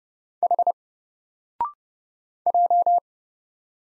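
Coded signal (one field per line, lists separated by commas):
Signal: Morse code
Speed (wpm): 30 wpm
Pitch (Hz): 700 Hz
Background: none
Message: H J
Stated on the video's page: Morse code practice of single letters at 30 wpm; each is sent, spoken after a 0.6 second pause, then sent again.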